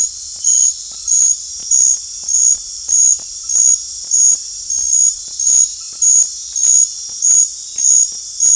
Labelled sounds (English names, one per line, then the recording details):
none
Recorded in dense forest near Puerto Asís, Putumayo, Colombia, on 19 March 2025 at 20:00
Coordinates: 0.503, -76.323
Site GP09